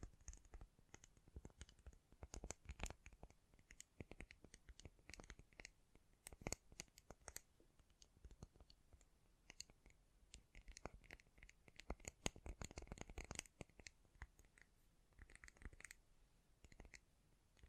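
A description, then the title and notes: ASMR tapping: quick, sharp taps fall in an irregular, busy stream for the whole clip, with denser flurries around 2–3, 6–7 and 12–13 seconds. Between taps a soft, dry scratching and rustling persists, like fingernails brushing a surface. ASMR Great Tapping Sounds for Sleep (No Talking).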